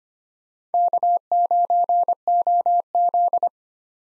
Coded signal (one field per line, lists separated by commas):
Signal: Morse code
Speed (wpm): 25 wpm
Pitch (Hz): 700 Hz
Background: none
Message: K9OZ